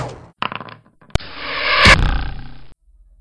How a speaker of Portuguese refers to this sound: Escuta a flecha vindo. Fala. Escuta a flecha vindo.